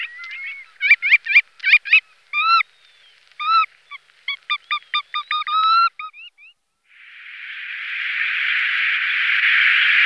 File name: jespák-rezavý